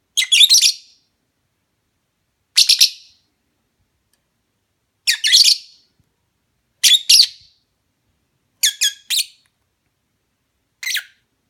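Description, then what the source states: Lovebird calls: short clusters of shrill, high chirps repeated every two seconds or so, with silence between. Mating call.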